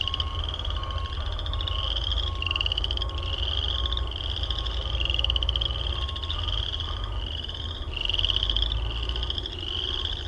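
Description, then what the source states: Frogs in a dense chorus of long, high, buzzy trills, with a lower repeated note and a constant deep background hum. Recorded at Heartland Meadows.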